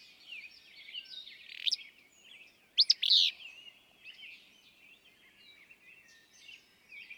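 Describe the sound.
Willow flycatcher with one loud, wheezy, sneezing phrase near the middle and a softer one before it, amid a continuous wash of high bird chirps.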